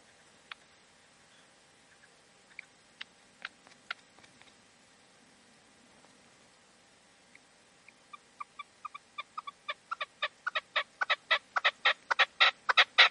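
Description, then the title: Partridge or tinamou with scattered faint notes at first, then a series of crisp notes that builds steadily in speed and loudness toward the end. "Canto de Perdiz. CANTO DE LA PERDIZ"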